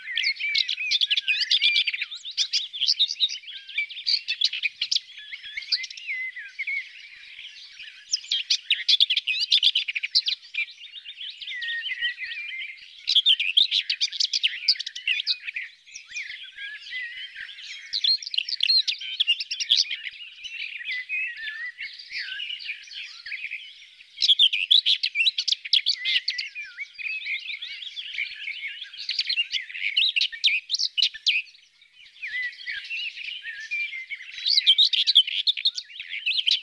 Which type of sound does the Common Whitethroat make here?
song